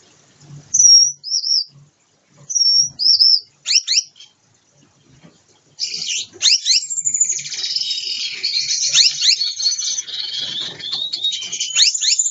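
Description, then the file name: Gouldian finch song: paired high thin whistles, a long note then a wavering one, followed by dense, rapid, buzzy chattering and squeaky notes. Gouldian finches during pair formation, performing a courtship dance. "amadiny gulda sozdanie pary bracnyi tanec"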